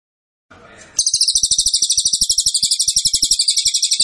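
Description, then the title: Cililin song: after a brief burst of rustling noise, a shrill, rapid, insect-like trill starts and continues unbroken at a very high pitch for three seconds. Cililin song, used to teach songbirds. "Cililin AMPUH. Masteran Burung cililin masteran sang juara"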